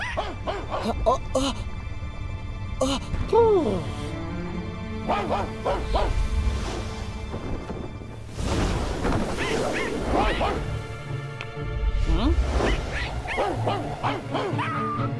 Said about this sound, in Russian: Собаки что-то увидели и лают.